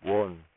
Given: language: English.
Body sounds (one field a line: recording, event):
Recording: throat vibration sensor signal played as sound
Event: speech